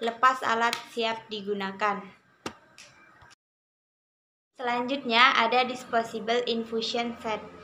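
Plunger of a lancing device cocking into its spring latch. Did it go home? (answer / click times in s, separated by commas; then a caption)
yes / 2.5 s. Someone talks while the back end of a plastic autoclick lancing device is pulled until its plunger cocks into the spring latch and is then released. A sharp click is heard at 2.5 s, followed by a softer sound around 2.8 s. The device is armed, and the talking resumes after a pause.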